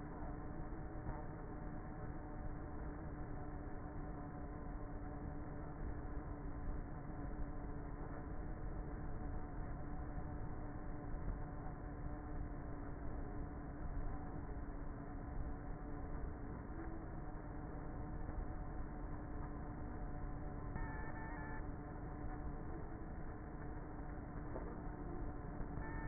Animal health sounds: honeybee colony, microphone inside the hive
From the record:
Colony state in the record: queenless with a low population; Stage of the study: before two queens were removed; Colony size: about 30,000 bees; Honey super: no

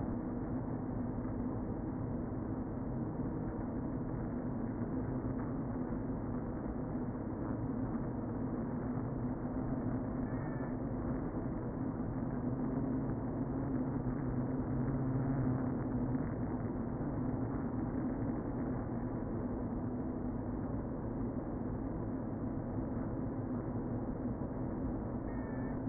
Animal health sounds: honeybee colony, microphone inside the hive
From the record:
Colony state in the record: queen present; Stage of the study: before two queens were removed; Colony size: about 60,000 bees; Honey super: yes

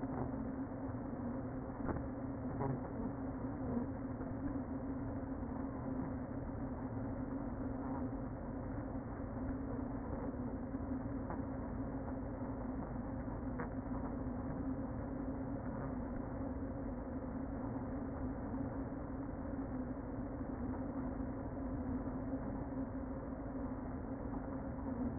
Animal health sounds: honeybee colony, microphone inside the hive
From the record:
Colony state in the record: queen present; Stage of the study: before two queens were removed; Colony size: about 60,000 bees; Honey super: yes

